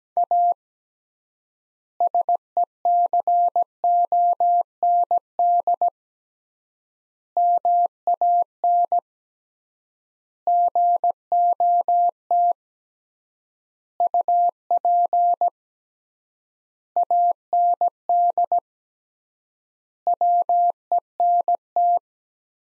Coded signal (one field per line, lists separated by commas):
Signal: Morse code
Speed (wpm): 17 wpm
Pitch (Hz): 700 Hz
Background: none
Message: A SECOND MAN GOT UP AND WENT